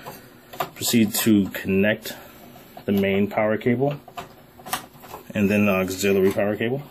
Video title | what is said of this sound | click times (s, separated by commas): How to replace Power Supply Dell Optiplex Desktop | spot make sure it's level and push back right you hear a click where it locks in | 0.6 s